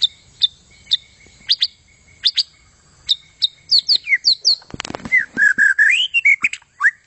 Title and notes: kicau murai batu panjang. suara kicau burung